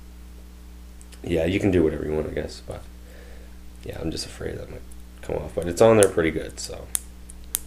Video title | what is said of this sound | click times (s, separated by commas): DealExtreme $16 Fisheye Lens Review | as you can hear snaps right on there nicely | 7.5 s